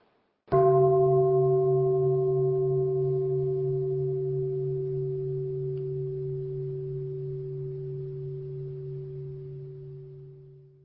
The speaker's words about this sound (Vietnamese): Khi tiếng chuông vang lên, đó là một cơ hội để chúng ta thực tập khả năng lắng nghe. Tiếng chuông trong một cái trung tâm thiền ở trong tu viện rất là hay. Tiếng chuông đó nó có tính chất lắng sâu, sâu dần và sâu dần.